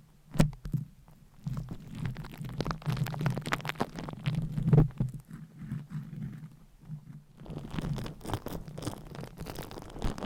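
Scratching and tapping with nails on items, heard as dense bursts of crisp, scraping clicks over a low, rumbling hum. A sharp tap lands near the start and another around five seconds. After a quieter stretch near seven seconds, fast scratching returns, brighter and busier.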